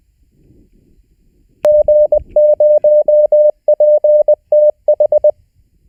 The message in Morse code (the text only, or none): G0PTH